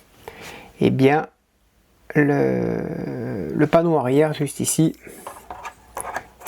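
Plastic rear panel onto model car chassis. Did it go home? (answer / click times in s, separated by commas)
yes / 6.0 s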